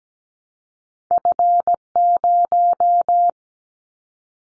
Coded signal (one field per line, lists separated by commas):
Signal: Morse code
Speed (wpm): 17 wpm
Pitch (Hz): 700 Hz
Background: none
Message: F0